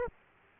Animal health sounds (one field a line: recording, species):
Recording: mosquito wingbeat signal from an infrared sensor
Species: Aedes aegypti